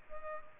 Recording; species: mosquito wingbeat signal from an infrared sensor; Culex pipiens